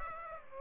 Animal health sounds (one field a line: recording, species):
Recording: mosquito wingbeat signal from an infrared sensor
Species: Aedes aegypti